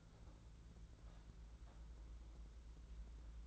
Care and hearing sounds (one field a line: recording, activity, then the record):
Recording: daily activity, microphone in the room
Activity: take from stove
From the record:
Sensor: 3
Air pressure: 992.0 hPa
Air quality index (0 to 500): 228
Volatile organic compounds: 1000 ppm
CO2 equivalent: 7853 ppm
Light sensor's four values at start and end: 24/73/30/25 and 24/73/30/25